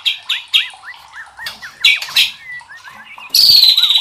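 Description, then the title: White-rumped shama song: a string of looping whistled notes mixed with harsh bursts, ending in a loud high buzzy rattle. Masteran (training recording) for cage birds, labelled Labaik. "MASTERAN MURAI BATU LABAIK"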